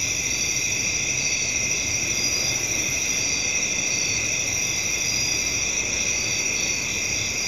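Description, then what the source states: Cricket chorus of unbroken shrill trilling at a few high pitches, holding level throughout, with steady background hiss. Crickets recorded at night.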